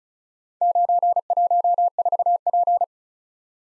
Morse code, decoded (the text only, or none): 914P